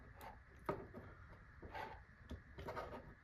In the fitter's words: go in until you hear a click